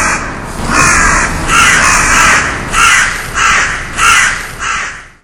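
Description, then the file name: Crow giving a steady series of harsh, raspy caws, each short and hoarse. "karasuvoice"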